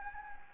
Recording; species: mosquito wingbeat signal from an infrared sensor; Anopheles gambiae